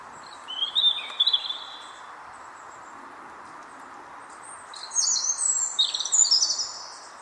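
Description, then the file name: European robin song: two high, tinkling phrases of thin whistles and trills, separated by a pause of about three seconds, over a steady background hiss. "Erithacus rubecula"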